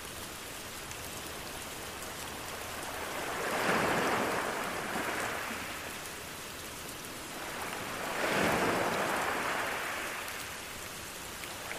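Steady rain hisses throughout while ocean waves swell and wash in twice, around four and eight seconds, before easing back.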